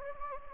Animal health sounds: mosquito wingbeat signal from an infrared sensor; Anopheles gambiae

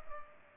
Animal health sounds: mosquito wingbeat signal from an infrared sensor; Culex pipiens

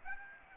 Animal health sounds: mosquito wingbeat signal from an infrared sensor; Aedes aegypti

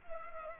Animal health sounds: mosquito wingbeat signal from an infrared sensor; Culex pipiens

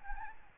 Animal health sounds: mosquito wingbeat signal from an infrared sensor; Aedes albopictus

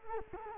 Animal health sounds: mosquito wingbeat signal from an infrared sensor; Culex quinquefasciatus

